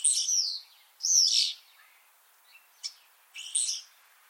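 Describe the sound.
Common starling harsh calls: three grating, screechy bursts about half a second each, separated by pauses, with a faint short click between the second and third.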